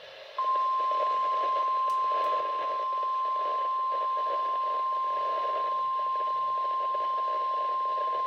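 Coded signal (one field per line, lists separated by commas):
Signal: Emergency Alert System (SAME) tones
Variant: 1050 Hz attention tone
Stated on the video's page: Real Tornado Warning from the Houston/Galveston National Weather Service, a bulletin requesting EAS activation.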